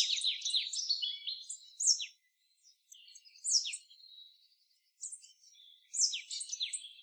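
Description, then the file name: Marsh tit giving quick high chirps and downslurred notes in short clusters, separated by gaps of a second or so, with faint thin notes between bursts. "Poecile palustris"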